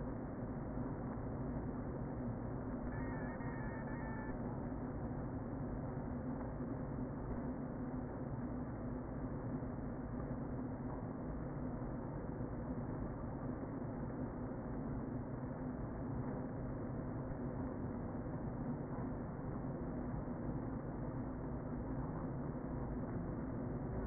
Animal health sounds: honeybee colony, microphone inside the hive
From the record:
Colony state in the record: queen present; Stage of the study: before two queens were removed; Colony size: about 60,000 bees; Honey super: yes

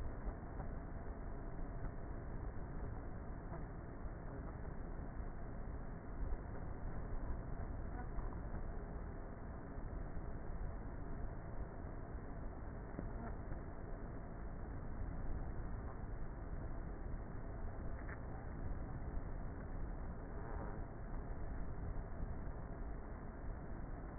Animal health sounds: honeybee colony, microphone inside the hive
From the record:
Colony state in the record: queenless with a low population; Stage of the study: before two queens were removed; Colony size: about 30,000 bees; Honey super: no

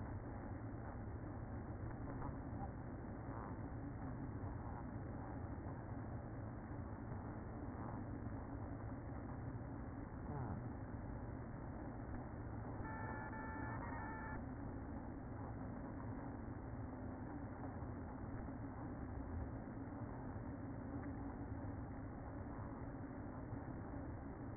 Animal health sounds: honeybee colony, microphone inside the hive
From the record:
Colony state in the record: queen present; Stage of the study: after two queens were removed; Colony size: about 60,000 bees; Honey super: yes

